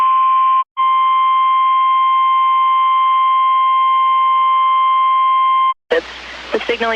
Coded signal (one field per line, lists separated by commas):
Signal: Emergency Alert System (SAME) tones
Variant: 1050 Hz attention tone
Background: speech